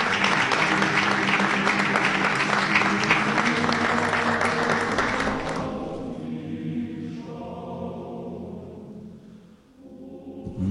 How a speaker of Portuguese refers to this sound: Bom, uma salva de palmas para o nosso prezado amigo doutor Bezerra de Menezes.